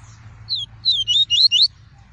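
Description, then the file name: Double-collared seedeater song, a brief phrase of four or five bright, high whistles, with a steady low hum beneath. "tui-tui" song variety. "canto do papa capim tui tui"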